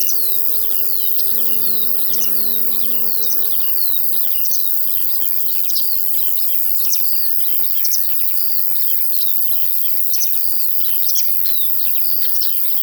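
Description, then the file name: Crickets produce a sustained piercing drone while larks repeat bright, sliding whistled phrases; a low hum is faintly present. In a field, with larks also heard. "Sounds from a Field Larks and Crickets"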